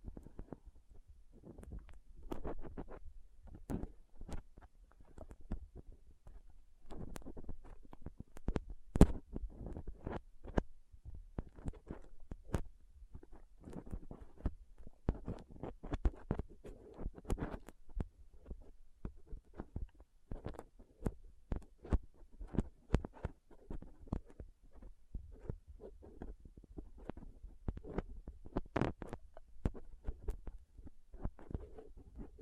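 Soft squishy, sticky handling sounds with crinkling, a dense run of short wet clicks and snaps that never settles into a regular pattern. Sharper, brighter crackles pop out now and then, strongest near 9 and 29 seconds, over a low dull thudding underneath.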